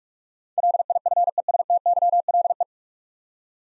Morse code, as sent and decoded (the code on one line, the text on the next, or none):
.-.. .. ..-. . ... - -.-- .-.. .
LIFESTYLE